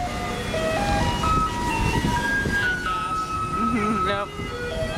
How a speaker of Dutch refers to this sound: En dat is veranderd dankzij vuilniswagens waar muziek in zit. Tijdens de ophaalrondjes draaien ze klassieke deuntjes, horen we in een filmpje op de website van The Guardian.